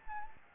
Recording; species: mosquito wingbeat signal from an infrared sensor; Anopheles gambiae